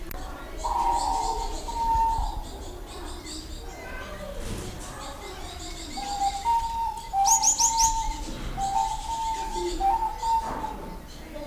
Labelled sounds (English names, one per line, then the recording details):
Star Finch call
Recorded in captivity
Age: adult
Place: Zoo Berlin, Berlin, DE
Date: 1999-07-03 11:52
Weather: fair, 25 - 27°C
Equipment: Sony WM-D6C, Sennheiser ME 80, Kopie Uher 4000 Report Monitor
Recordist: Tembrock, Günter